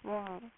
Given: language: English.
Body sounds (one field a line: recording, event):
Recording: throat vibration sensor signal played as sound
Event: speech